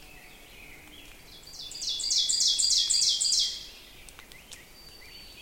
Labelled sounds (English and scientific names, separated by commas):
Ovenbird (Seiurus aurocapilla) song